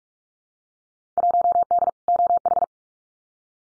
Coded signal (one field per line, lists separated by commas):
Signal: Morse code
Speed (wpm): 46 wpm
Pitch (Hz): 700 Hz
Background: none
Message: 1D OH